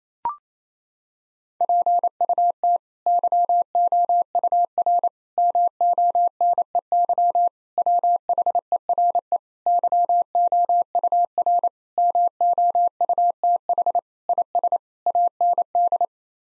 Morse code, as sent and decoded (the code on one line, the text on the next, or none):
.--. ..- - / -.-- --- ..- .-. / -- --- -. . -.-- / .-- .... . .-. . / -.-- --- ..- .-. / -- --- ..- - .... / .. ... / .- -. -..
PUT YOUR MONEY WHERE YOUR MOUTH IS AND